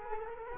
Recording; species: mosquito wingbeat signal from an infrared sensor; Culex quinquefasciatus